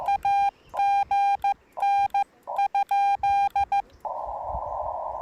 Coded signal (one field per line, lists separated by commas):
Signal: Morse code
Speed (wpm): 15 wpm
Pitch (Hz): 800 Hz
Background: none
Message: AGN?